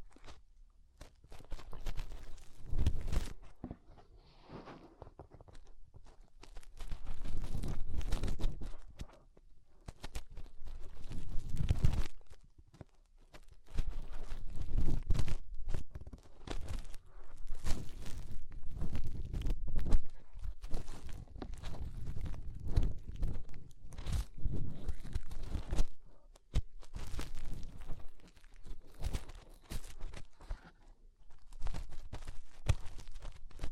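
Fingers rub and scratch inside an ear, making dense, muffled crackling and crunching with a deep rumbling undertone. The rustling comes in bursts of a few seconds separated by brief quieter pauses, with sharp clicks and pops scattered throughout the clip.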